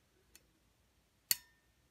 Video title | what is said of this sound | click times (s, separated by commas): Sig Sauer USGI M17 rear sight plate removal procedure | like that locked into place okay | 1.3 s